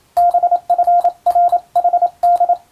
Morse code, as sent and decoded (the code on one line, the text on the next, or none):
-... ..-. .-. .... -..
BFRHD